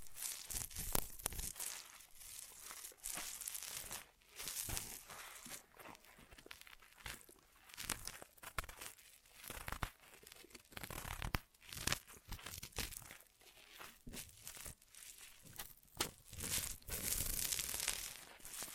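Ear massage triggers: dense, irregular crinkling and rustling with bright crackly texture, frequent sharp swells and brief pauses throughout the clip.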